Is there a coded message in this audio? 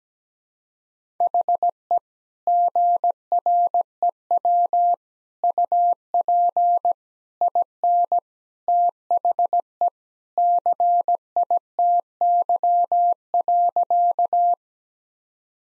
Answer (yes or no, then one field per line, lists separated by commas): yes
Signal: Morse code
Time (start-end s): 1.2-14.5 s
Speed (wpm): 17 wpm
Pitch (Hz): 700 Hz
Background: none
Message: HE GREW UP IN THE CITY.